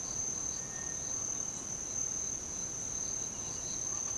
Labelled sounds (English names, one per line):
none